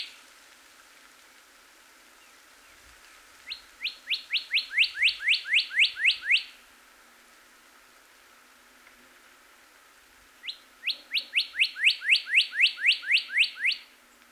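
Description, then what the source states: Northern cardinal song in two bursts, each a rapid series of many rising whistled notes that grow louder, separated by several seconds of quiet. Recorded 26 April 2019.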